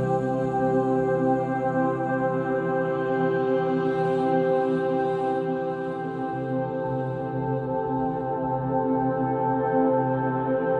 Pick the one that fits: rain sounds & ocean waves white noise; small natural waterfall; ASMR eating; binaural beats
binaural beats